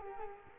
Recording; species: mosquito wingbeat signal from an infrared sensor; Culex quinquefasciatus